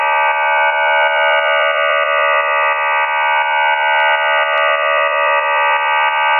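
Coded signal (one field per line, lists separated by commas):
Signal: numbers station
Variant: Q26 QPSK modem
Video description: Chinese digital numbers station Q26 digital counterpart to V26 operates on LSB, described as DPRC QPSK 4 by 4 MODEM.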